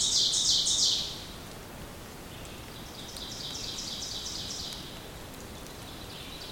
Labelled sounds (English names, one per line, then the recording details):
Ovenbird song
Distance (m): 60 m
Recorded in boreal forest in Alberta, Canada, on 2 June 2016 at 08:25
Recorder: SongMeter 3, array SBT-3-7
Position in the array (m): 25 m, 134 m
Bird 4